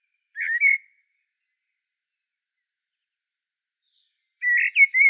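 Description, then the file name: Common blackbird uttering a brief whistled phrase, then after roughly three and a half seconds of silence a longer fluty, warbled phrase. "Turdus merula"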